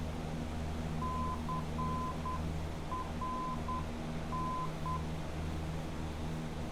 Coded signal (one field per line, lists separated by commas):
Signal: Morse code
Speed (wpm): 9 wpm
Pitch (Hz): 1020 Hz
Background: none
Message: CRN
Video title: Top Gun NDB Precision — Master the ADF Needle